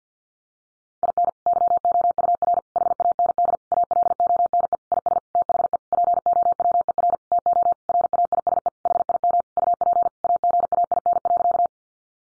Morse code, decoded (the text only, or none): IN YOUR HAND ALONE IS THE POWER TO RAISE HIM UP AGAIN.